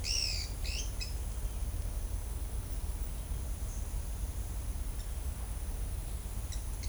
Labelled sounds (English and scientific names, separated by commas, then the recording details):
Pale-eyed Pygmy Tyrant (Atalotriccus pilaris)
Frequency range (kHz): Pale-eyed Pygmy Tyrant (Atalotriccus pilaris) 1.5-9.6 kHz
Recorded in shrubland near Pivijay, Magdalena, Colombia, on 4 June 2023 at 15:30
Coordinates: 10.453, -74.365
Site P5-G022